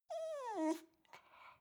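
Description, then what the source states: Dog whimper: one high, nasal whine held briefly then sliding downward, followed by a soft breathy snuffle and faint rustle. Attention-seeking whimper.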